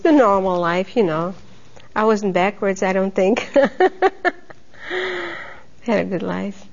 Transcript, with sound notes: The normal life, you know. I wasn't backwards, I don't think. ( she laughs ) I had a good life.